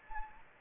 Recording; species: mosquito wingbeat signal from an infrared sensor; Anopheles gambiae